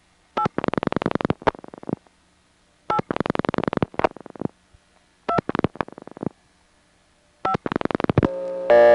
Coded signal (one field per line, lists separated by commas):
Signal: DTMF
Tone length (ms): 80 ms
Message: 8 8 2 5